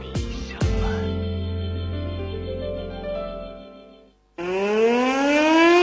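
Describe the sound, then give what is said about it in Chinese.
Two heavy booms ring out and fade into a lingering hum, then after a short silence an air defense alarm siren winds up, its loud, continuous wail climbing steadily in pitch, sounded in China for National Defense Education Day on September 15. “如果你听到空中传来持续的警报声，别被吓得惊慌失措，请保持安定，那是防空警报在示明。”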